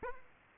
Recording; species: mosquito wingbeat signal from an infrared sensor; Aedes aegypti